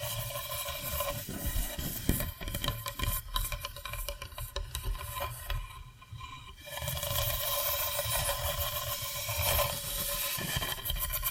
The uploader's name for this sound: Hypnotic Tapping & Scratching Sounds